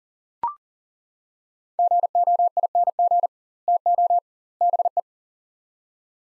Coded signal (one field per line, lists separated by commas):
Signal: Morse code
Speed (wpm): 40 wpm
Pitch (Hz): 700 Hz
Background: none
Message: GOING TO BE